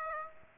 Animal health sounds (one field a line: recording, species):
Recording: mosquito wingbeat signal from an infrared sensor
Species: Aedes aegypti